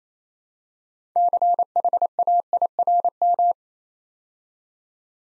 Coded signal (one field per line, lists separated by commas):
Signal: Morse code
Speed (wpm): 29 wpm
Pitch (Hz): 700 Hz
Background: none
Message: CHAIRM